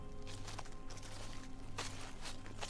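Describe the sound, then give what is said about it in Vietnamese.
Soft, irregular footsteps crunch and rustle through leaves outside, about five crackly steps over a steady low hum, fairly faint overall. “Tiếng bước chân sột soạt, dường như đang dẫm sau cái đám lá ở bên ngoài.”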